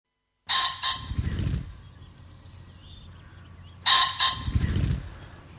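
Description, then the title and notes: Common Pheasant giving a loud, harsh two-note crow followed by a muffled burst of wing-whirring, repeated twice a few seconds apart. "Viikon luontoääni: Fasaani. Juha Laaksonen"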